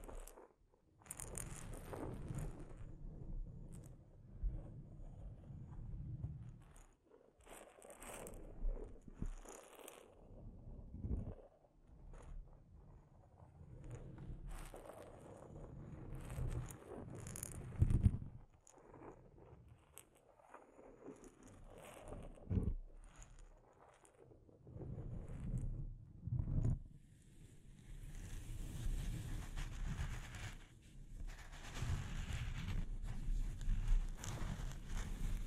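Soft scratching and tapping on a microphone, with irregular low thumps and rubbing sounds scattered throughout. Sharper taps stand out around 18 and 26 seconds, and the last several seconds turn into a denser, hissy scraping.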